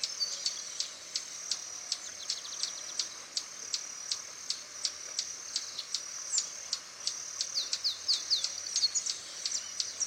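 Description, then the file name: Swallow-tailed hummingbird with steady high clicking chips and brief runs of thin falling squeaks near the end, over a continuous high-pitched background hiss. "Canto do beija flor tesoura"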